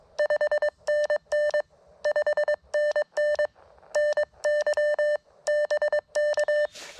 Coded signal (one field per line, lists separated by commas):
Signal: Morse code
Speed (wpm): 22 wpm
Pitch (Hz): 1800 Hz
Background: none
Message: 5NN 5NN NY BK